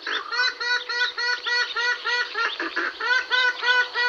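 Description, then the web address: Western swamphen uttering a fast, steady series of nasal, trumpeting notes, with a short cackling break midway. "pajaros Calamon comun"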